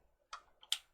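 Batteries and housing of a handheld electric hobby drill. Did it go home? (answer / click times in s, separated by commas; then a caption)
yes / 0.3 s, 0.7 s. After its threads are recut and the batteries are put back in, the plastic housing of a Tamiya Electric Handy Drill is closed up. Sharp plastic clicks at 0.3 s and 0.7 s, with a faint tick just before the second, mark the battery compartment snapping closed. Everything is seated.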